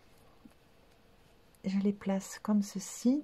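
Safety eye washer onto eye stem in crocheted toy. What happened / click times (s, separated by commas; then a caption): Small plastic parts are positioned but not yet pressed home; no seating click / none. Small plastic washers are lined up on the safety eye stems of a crocheted reversible octopus toy before being pushed home. Faint quiet handling is heard for the first 1.6 seconds, then someone talks. Nothing has seated or clicked yet.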